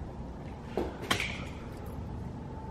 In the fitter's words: though it snapped into place and